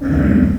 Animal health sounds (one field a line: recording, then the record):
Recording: squeal of a Yucatan mini pig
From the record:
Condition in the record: after surgery on the right vocal fold (resection and tissue-engineered implant)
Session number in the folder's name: 7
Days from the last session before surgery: 47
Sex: female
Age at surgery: 19 weeks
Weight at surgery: 25 kg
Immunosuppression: prednisolone